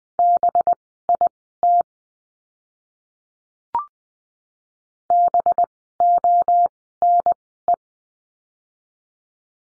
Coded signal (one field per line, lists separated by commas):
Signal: Morse code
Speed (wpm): 20 wpm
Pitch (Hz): 700 Hz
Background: none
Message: BIT BONE